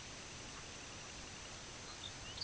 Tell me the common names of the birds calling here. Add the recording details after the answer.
Semipalmated Sandpiper, Red-throated Loon, Lapland Longspur. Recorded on Arctic tundra, site IGLO-D, on 17 June 2018. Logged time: 00:00